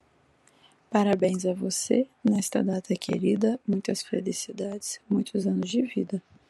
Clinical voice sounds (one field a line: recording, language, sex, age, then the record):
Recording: short text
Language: Brazilian Portuguese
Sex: female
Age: 20 to 29 years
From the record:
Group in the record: control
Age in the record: 23 years